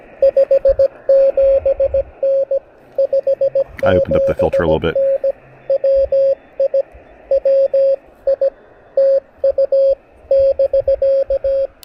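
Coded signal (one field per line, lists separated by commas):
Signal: Morse code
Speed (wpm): 17 wpm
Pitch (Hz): 540 Hz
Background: speech, radio noise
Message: 57N 57N WI WI TU <BK>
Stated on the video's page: Three-watt QRP POTA activation with an Elecraft KX1, wire end-fed antenna, and CW Morse SP4 paddles.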